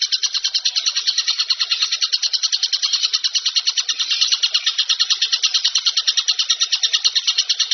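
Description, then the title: Bird song: a dense, unbroken high chattering twitter that pulses rapidly, steady for the whole stretch, with no other sounds. Most complete masteran compilation for training songbirds. "Masteran burung terlengkap"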